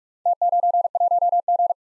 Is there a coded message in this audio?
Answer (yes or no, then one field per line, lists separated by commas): yes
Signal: Morse code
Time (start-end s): 0.3-1.7 s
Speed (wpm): 48 wpm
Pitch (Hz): 700 Hz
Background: none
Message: T91G